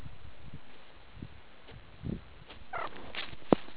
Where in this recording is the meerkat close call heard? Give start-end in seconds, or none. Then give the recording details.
2.72-2.89. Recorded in the Kuruman River Reserve, South Africa. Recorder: an audio tag on a meerkat's collar